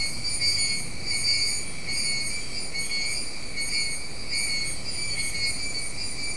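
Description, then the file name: Insects buzzing together in a constant high drone, gently swelling and fading, with low background rumble. "mainly insect"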